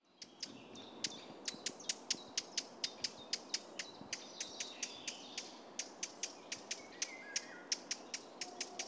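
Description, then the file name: Eurasian blackcap repeating loud, stony tac notes at a brisk, fairly even pace, with scattered chirps and warbles from other birds. "Sylvia atricapilla"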